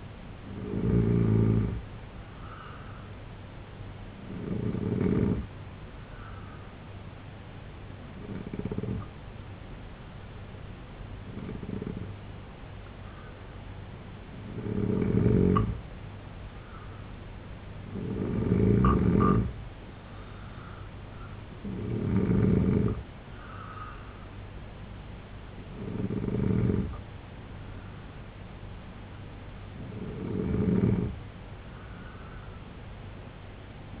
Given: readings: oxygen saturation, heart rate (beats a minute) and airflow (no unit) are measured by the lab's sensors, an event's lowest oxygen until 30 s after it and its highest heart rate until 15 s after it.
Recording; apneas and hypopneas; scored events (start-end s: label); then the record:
breathing in sleep by a voice recorder at the bedside; 1
6.00-22.20 s: hypopnea (N2, oxygen 89% highest, then 85% lowest, heart rate 69 at the start, 78 highest)
From the record:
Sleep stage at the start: N2 (light sleep); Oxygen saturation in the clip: 85 to 89%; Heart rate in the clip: 67 to 76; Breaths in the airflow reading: 7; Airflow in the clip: -3.3 to 5.6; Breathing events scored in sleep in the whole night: 258 in 7.4 hours asleep